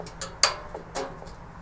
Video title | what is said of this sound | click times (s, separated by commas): BioLite Portable FirePit Unboxing and Overview of Pit and Some Accessories | okay they're clicked in they're all sitting there and that thing hooks on this | 0.4 s